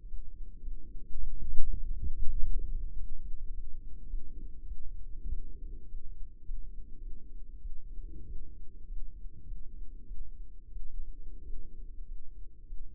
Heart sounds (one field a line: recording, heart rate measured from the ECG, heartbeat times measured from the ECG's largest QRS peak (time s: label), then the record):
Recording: heart sounds by microphone in the left ear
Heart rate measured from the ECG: 100 bpm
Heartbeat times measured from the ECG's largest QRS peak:
0.06 s: heartbeat
0.60 s: heartbeat
1.16 s: heartbeat
1.77 s: heartbeat
2.39 s: heartbeat
2.96 s: heartbeat
3.51 s: heartbeat
4.07 s: heartbeat
4.64 s: heartbeat
5.27 s: heartbeat
5.86 s: heartbeat
6.43 s: heartbeat
6.99 s: heartbeat
7.59 s: heartbeat
8.25 s: heartbeat
8.86 s: heartbeat
9.45 s: heartbeat
10.04 s: heartbeat
10.69 s: heartbeat
11.42 s: heartbeat
12.05 s: heartbeat
12.64 s: heartbeat
From the record:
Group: healthy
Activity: rest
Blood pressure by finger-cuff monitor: 129/89 mmHg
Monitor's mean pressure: 102 mmHg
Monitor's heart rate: 100 bpm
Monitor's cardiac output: 7.2 L/min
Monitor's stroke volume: 71 mL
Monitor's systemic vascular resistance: 1040 dyn s/cm5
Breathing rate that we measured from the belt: 20 breaths a minute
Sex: male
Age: 21 years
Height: 180 cm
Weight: 67.5 kg